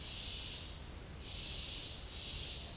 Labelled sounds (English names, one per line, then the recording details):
none
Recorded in dense forest near Puerto Asís, Putumayo, Colombia, on 19 March 2025 at 13:00
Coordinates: 0.485, -76.318
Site G056